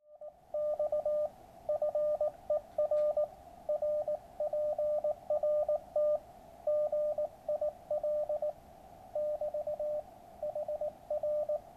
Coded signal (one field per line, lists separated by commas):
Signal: Morse code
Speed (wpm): 18 wpm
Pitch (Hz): 600 Hz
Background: radio noise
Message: X FER RPRT GIL <BT> HR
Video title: The QRP Labs QCX Morse Code Radio Kit.